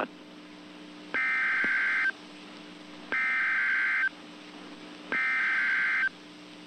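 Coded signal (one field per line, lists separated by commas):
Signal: Emergency Alert System (SAME) tones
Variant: header bursts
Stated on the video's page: Real Tornado Warning EAS alert from Hurricane Isaac.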